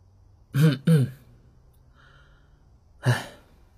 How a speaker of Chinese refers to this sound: 略微有些尴尬，轻轻咳嗽了一声，叹了口气。